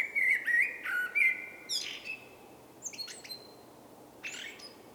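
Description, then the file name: Common blackbird song: low, mellow fluted warbling phrases that break into thin, high squeaky twitters, then fade into scattered high chirps. "Turdus merula"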